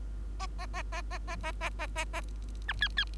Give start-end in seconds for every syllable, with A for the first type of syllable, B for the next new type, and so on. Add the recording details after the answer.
0.39-0.47 A, 0.59-0.66 A, 0.74-0.82 A, 0.92-1.02 A, 1.11-1.18 A, 1.27-1.36 A, 1.43-1.52 A, 1.60-1.70 A, 1.79-1.87 A, 1.95-2.05 A, 2.13-2.21 A, 2.68-2.73 B, 2.80-2.88 C, 2.97-3.04 C. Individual Bird3